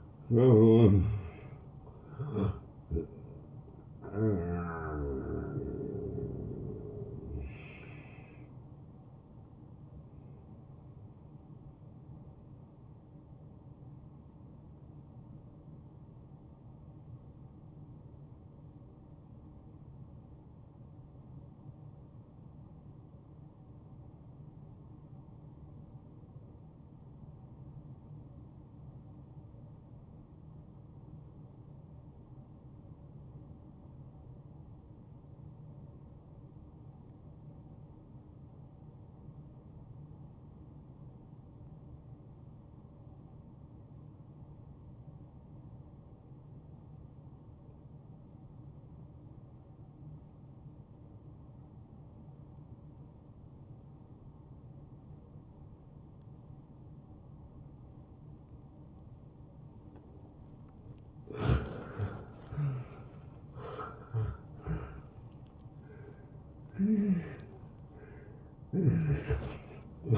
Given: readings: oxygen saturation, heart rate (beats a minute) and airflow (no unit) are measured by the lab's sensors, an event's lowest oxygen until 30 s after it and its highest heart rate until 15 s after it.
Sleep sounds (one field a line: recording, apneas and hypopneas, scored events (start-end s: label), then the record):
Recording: breathing in sleep by a smartphone at the bedside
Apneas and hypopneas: 1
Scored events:
15.00-60.50 s: obstructive apnea (N1, oxygen 94% highest, then 84% lowest)
From the record:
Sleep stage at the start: N1 (lightest sleep)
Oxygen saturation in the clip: 79 to 94%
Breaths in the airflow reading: 6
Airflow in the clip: -14.7 to 10.1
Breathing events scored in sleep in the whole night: 263 in 5.5 hours asleep